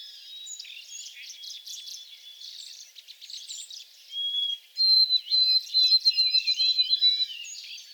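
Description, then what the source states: White-throated sparrow song: a clear, steady high whistle followed by a loud run of repeated whistled notes, after several seconds of busy background chatter from other birds. Four songs recorded.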